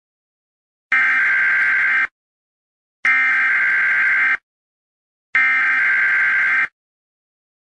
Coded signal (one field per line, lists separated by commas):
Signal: Emergency Alert System (SAME) tones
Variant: header bursts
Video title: Comet impact - EAS scenario